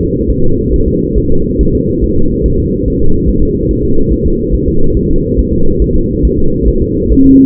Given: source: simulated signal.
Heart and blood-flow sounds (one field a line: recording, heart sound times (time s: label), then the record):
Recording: fetal heart sounds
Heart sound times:
0.01 s: S2
0.30 s: S1
0.44 s: S2
0.74 s: S1
0.88 s: S2
1.18 s: S1
1.32 s: S2
1.61 s: S1
1.75 s: S2
2.04 s: S1
2.18 s: S2
2.46 s: S1
2.60 s: S2
2.88 s: S1
3.02 s: S2
3.30 s: S1
3.43 s: S2
3.71 s: S1
3.85 s: S2
4.12 s: S1
4.27 s: S2
4.54 s: S1
4.68 s: S2
4.97 s: S1
5.11 s: S2
5.39 s: S1
5.53 s: S2
5.82 s: S1
5.96 s: S2
6.25 s: S1
6.39 s: S2
6.68 s: S1
6.82 s: S2
7.12 s: S1
7.26 s: S2
From the record:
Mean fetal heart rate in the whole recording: 140 bpm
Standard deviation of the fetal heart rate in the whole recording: 2 bpm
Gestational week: 34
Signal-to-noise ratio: -19.1 dB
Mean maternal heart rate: 72 bpm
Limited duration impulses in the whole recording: present